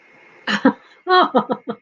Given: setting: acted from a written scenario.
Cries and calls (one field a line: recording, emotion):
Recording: vocal sound without words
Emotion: amusement